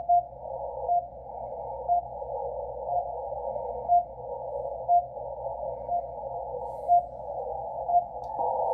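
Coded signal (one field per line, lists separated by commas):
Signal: radio time signal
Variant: RWM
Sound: short high beep once per second, nine ticks, over a band of hiss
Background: radio static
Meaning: Each short tick marks one second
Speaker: now let's go to the unfed wire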